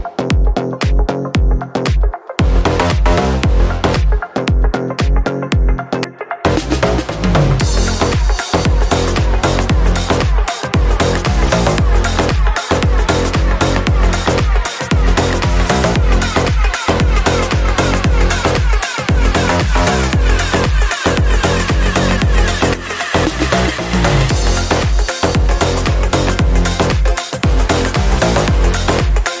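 A compact cookie depositor runs in a fast, regular thumping cycle, sparse for the first six seconds, then dense, loud and bright throughout.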